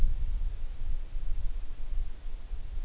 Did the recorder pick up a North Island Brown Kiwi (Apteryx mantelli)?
no